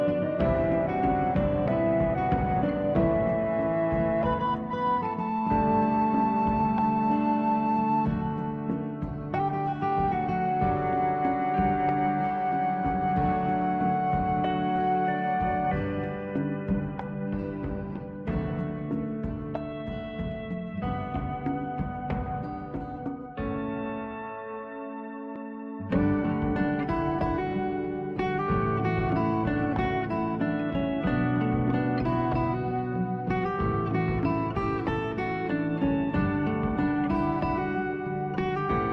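A soundtrack piece plays with full, layered chords and a steady, lightly rhythmic pulse, mostly in the low and middle range. Around the 23-second mark it thins to a single held note, then at about 26 seconds the full arrangement returns and carries on to the end.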